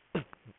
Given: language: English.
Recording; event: throat vibration sensor signal played as sound; cough